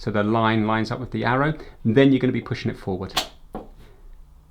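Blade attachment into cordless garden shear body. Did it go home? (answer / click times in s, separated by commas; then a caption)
yes / 3.6 s. A shear blade attachment is lined up with the arrows on the body of a Bosch Easy Shear 3.6V cordless garden shear and pushed forward while someone talks. At 3.6 s a short, sharp click is heard as the blade attachment seats and locks into place.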